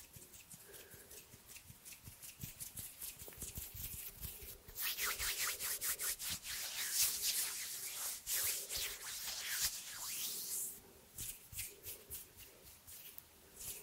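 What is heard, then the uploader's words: Hands rubbing, tapping and brushing, making a dense run of quick scratchy strokes and soft low thumps. The middle stretch, from about five to eleven seconds, grows louder and hissier with steady friction, then the sounds thin out into lighter taps. ASMR Hand sounds No talking.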